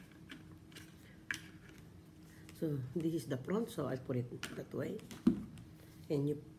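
The plastic front part of a Dettol hand soap dispenser is lined up and pressed into the dispenser while someone talks. Only light handling taps and rustles are heard, with a sharp tick around 1.3 s. Nothing has seated or clicked yet.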